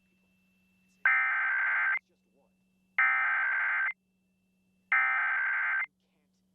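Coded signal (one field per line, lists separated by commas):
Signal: Emergency Alert System (SAME) tones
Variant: header bursts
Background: speech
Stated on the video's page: Kansas statewide Amber Alert test via EAS, captured on an Elgato game capture card.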